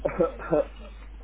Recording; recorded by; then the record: voluntary cough; telephone call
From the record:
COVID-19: negative